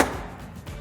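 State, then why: Seated. A panel of an UnderCover Flex tri-fold tonneau cover, for a 2015-2019 Ford F-150 with a 5.5 or 6.5 ft bed, is lowered onto the pickup's bed rails during a final test fit. Its latch locks with one sharp click at 0.0 s, followed by a fading ring and low rumble. The latch is confirmed locked.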